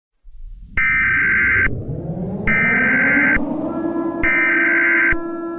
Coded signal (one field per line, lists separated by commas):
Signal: Emergency Alert System (SAME) tones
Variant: header bursts